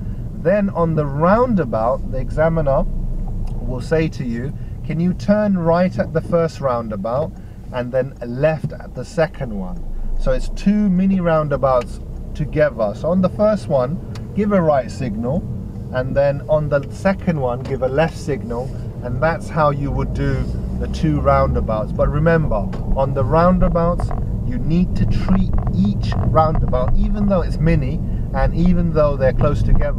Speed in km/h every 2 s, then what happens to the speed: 15, 13, 8, 3, 8, 10, 11, 10, 11, 18, 21, 23, 23, 24, 23.
0-7 slows to 3. 7-11 speeds up to 11. 15-21 speeds up to 23. 21-30 steady at about 23.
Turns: none.